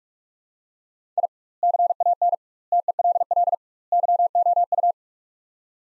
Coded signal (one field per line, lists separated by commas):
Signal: Morse code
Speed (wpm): 46 wpm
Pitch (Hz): 700 Hz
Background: none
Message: I CAN TELL YOU